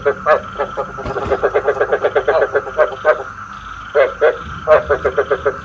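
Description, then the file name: Frogs calling with rapid croaks, a busy run broken by short pauses and a few louder single notes. Male frogs calling, used to stimulate frogs to pair for breeding. "tieng ech duc keu kich thich ech ghep cap sinh san"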